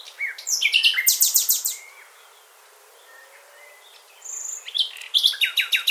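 Bird song: a fast burst of high, repeated chirping notes, a quieter stretch of over two seconds, then another bright, rapid burst.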